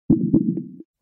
The largest mammal, the blue whale, for example, has a heart the size of a sofa, and their heartbeats per minute have been recorded as low as 2 per minute. And that's the slowest heartbeat of any warm-blooded mammal. That sounds like someone banging a huge drum.